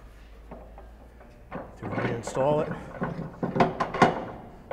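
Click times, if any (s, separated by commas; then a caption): 4.0 s. A removed component is pushed back onto an Adamatic ADR-2 dough divider-rounder; it has a slot that fits over a locating pin inside the machine, so it can only go on one way. Someone talks while it is handled, then it seats with a solid thunk at 4.0 s and locks in place.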